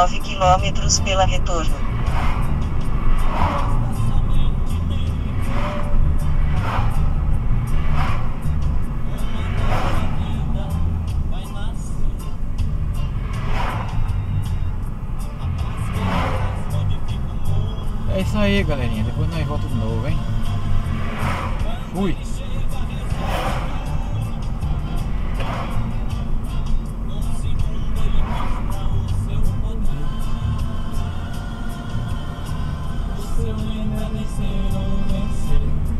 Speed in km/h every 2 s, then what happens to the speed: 46, 44, 41, 41, 35, 32, 32, 33, 36, 38, 39, 39, 40, 39, 40, 41, 41, 38.
0-10 slows to 32. 10-19 speeds up to 39. 19-36 steady at about 39.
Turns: none.